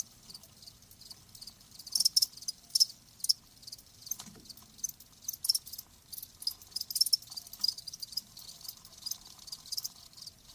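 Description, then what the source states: Crickets giving high, rapid chirps in uneven clusters, with a brief soft thump near the middle. Live crickets chirping.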